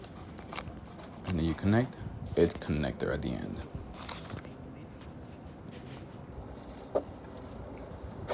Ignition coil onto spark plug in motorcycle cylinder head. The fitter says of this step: Press it down, hear the click.